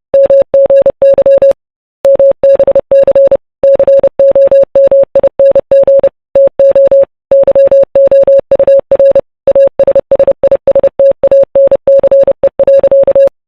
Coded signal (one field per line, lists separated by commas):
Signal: Morse code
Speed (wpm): 30 wpm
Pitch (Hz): 550 Hz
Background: none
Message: MGY MBC COMING TO YOUR ASSISTANCE.